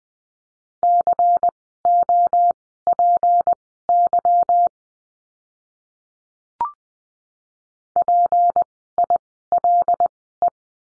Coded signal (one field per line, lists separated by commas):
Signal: Morse code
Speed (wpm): 20 wpm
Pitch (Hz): 700 Hz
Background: none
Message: COPY PILE